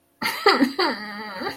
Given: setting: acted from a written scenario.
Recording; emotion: vocal sound without words; disappointment